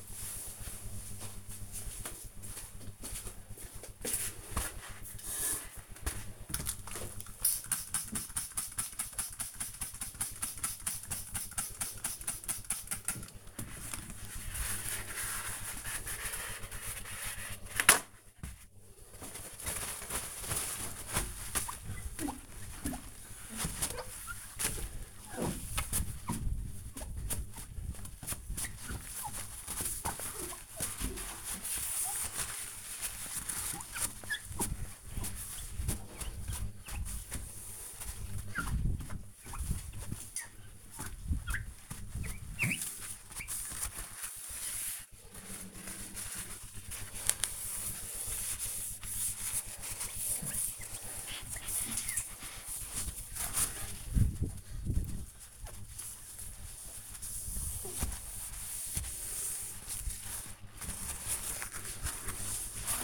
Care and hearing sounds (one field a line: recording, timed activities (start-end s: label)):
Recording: household activities, microphone on the right wrist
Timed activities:
6.59-63.04 s: window cleaning